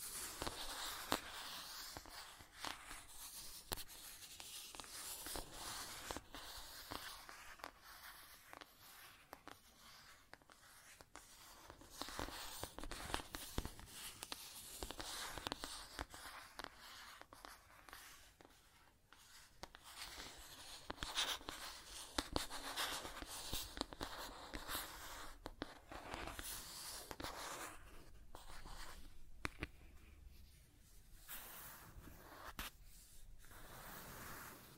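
Scratching and tracing sounds run for the whole stretch as a dense, rough scraping, made of many quick strokes that pile into bursts and brief pauses. The texture is crackly and bright, with sharper scratches standing out now and then, and short quieter gaps late on.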